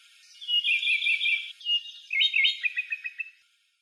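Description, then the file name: European robin song: a high, rapid, liquid warbling phrase ending in a string of quick short notes. "Зарянка -Голос"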